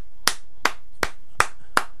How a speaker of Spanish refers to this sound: Los efectos de sonido. Le voy a dar un gran aplauso al.